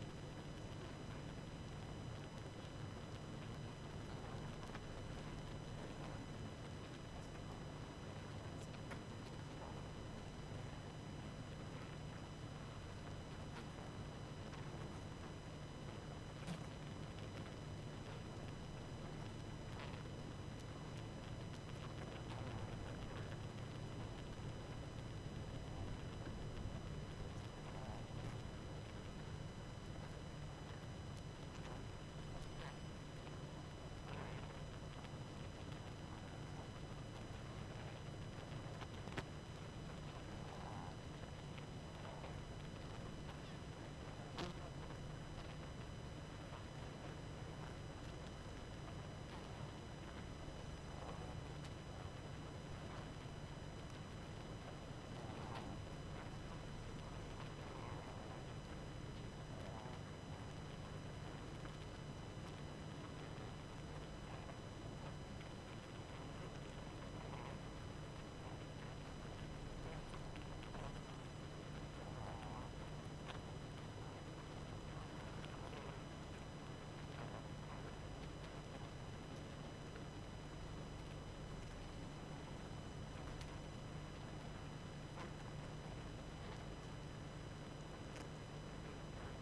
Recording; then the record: honeybee colony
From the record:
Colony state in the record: active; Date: 12 June 2018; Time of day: 21:51